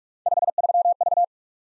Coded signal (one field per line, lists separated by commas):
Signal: Morse code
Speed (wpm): 44 wpm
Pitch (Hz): 700 Hz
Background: none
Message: 53V